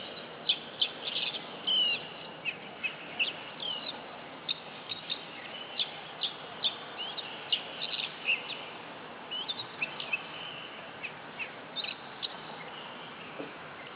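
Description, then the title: Oriental magpie-robin giving a long string of bright, clipped chirps and whistled notes in irregular bursts, with constant background hiss underneath. Female competition bird, described as a national first-place champion from East Java, singing continuously (gacor), of a black fighting-type variety. "Kacer Juara 1 Nasional gacor kacer juara nasional jawa timur kacer tarung betina poci gacor hitam"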